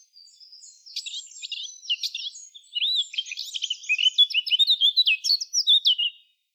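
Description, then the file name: Eurasian blackcap song beginning with soft, scratchy twittering that builds into a loud, fast run of clear fluty warbles, ending abruptly. "Sylvia atricapilla"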